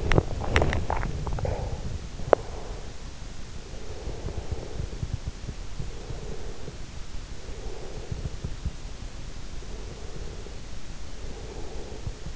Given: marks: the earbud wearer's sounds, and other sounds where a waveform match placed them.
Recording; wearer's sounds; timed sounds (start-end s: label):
sounds in sleep by an in-ear microphone; swallowing, breath, teeth grinding
0.00-1.19 s: swallowing
1.19-3.04 s: breath
2.20-2.55 s: teeth grinding
3.72-5.15 s: breath
5.77-8.56 s: breath
9.51-12.36 s: breath